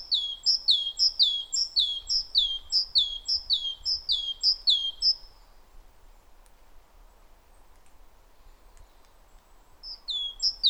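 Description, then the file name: Great tit song: a rapid series of ringing, slurred two-note phrases, falling silent midway, then resuming briefly near the end. "Parus major"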